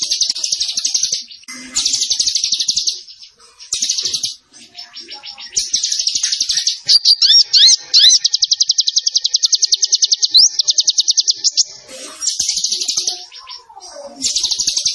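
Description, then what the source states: Zebra Finch song, high buzzy bursts giving way to a long even rapid trill of ticking notes, then more short buzzy phrases. Master recording for training cage birds, from a very vocal (gacor) Zebra Finch.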